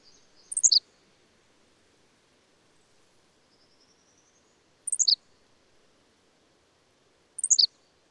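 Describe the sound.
Bird song, a short falling run of four high piercing notes, repeated three times several seconds apart, with a faint thin rising whistle in one gap.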